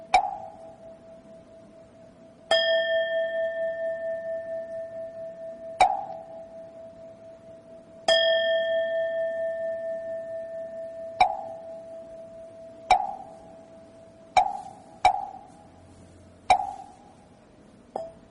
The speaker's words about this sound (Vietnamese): Cầm cái dùi như vậy thì khi mình thỉnh á, dứt ba tiếng mõ rồi bên này cũng khoan thai đáp lại một tiếng chuông, rồi để cho tiếng chuông nó khoan thai rồi bên này đáp tiếng mõ.